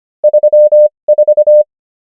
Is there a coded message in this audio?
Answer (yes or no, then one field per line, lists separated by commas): yes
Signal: Morse code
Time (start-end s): 0.2-1.6 s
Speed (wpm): 25 wpm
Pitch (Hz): 600 Hz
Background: none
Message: 34